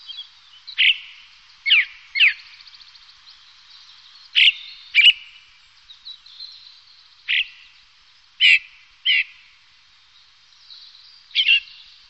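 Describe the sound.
Bird giving several harsh, raspy calls, single or in quick pairs, at irregular intervals, with a faint hiss between them.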